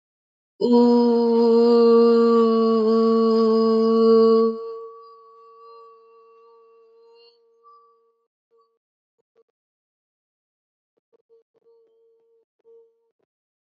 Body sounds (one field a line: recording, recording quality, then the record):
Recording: sustained vowel as in boot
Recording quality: excellent, no background noise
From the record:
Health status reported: healthy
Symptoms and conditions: none ticked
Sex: female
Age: 20 years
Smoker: not ticked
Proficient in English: yes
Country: India